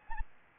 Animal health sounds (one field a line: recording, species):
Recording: mosquito wingbeat signal from an infrared sensor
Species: Aedes albopictus